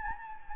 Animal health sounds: mosquito wingbeat signal from an infrared sensor; Anopheles gambiae

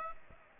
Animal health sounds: mosquito wingbeat signal from an infrared sensor; Aedes aegypti

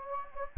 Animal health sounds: mosquito wingbeat signal from an infrared sensor; Anopheles gambiae

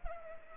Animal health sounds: mosquito wingbeat signal from an infrared sensor; Culex pipiens

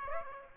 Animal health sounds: mosquito wingbeat signal from an infrared sensor; Aedes aegypti

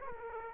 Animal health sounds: mosquito wingbeat signal from an infrared sensor; Aedes aegypti

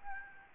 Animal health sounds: mosquito wingbeat signal from an infrared sensor; Aedes albopictus

